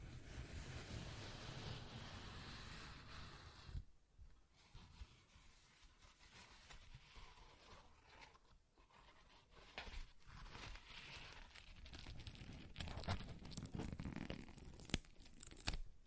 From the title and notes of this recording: ASMR Paper Ripping Tearing Sounds (No Talking).